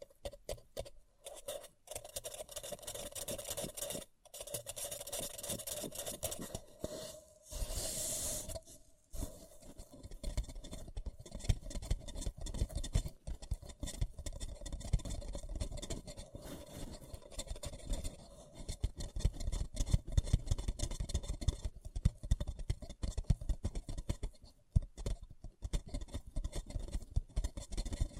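A paper cup is handled, scratched and crinkled in dense, uneven bursts of crackly rasping. Sharp brief gaps and short pauses break the sound near the start, around 4 seconds and near 9 seconds. From there the scratching turns busier, with frequent tapping clicks.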